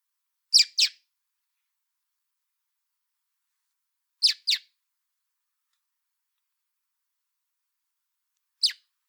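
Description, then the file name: Common blackbird repeating short, sharp chink calls roughly every four seconds, twice as a pair and finally as a single note, in stillness. "Turdus merula"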